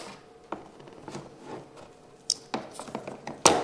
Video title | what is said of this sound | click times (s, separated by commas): ZÜNDKERZEN – INNENRAUMFILTER WECHSELN 🔹 BMW 116i E87 / E81 🔹 SCHRITT FÜR SCHRITT ANLEITUNG 🔹 DIY | de s'assurer que les 2 embouts en dessous sont bien clipsés | 2.3 s, 3.5 s